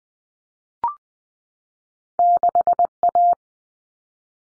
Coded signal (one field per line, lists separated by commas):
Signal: Morse code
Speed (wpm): 20 wpm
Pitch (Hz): 700 Hz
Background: none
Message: 6A